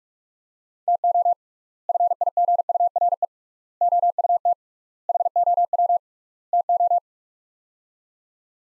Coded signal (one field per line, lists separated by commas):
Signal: Morse code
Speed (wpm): 46 wpm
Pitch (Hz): 700 Hz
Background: none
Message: TO FIGURE OUT HOW TO